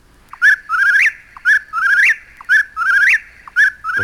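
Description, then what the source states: Eastern whip-poor-will singing its loud whistled three-part phrase, ending in a rising flourish, repeated about once a second, four times. Played example, heard singly.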